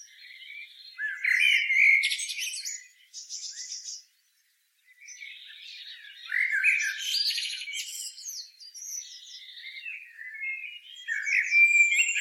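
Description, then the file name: Eurasian blackbird singing fluty warbled phrases broken by harsh squeaky flourishes, pausing for about a second of silence before resuming with further varied, twittering phrases. "Turdus merula"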